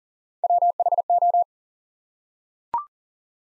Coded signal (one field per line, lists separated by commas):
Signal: Morse code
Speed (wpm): 39 wpm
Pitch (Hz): 700 Hz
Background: none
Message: WHO